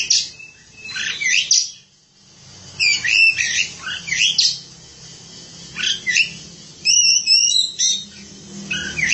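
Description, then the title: Oriental magpie-robin song: varied whistles, scratchy chips and buzzy phrases in irregular bursts, with quiet stretches between, a low hum in the background. Kacer song. "Suara Kicauan Burung Kacer Durasi Panjang"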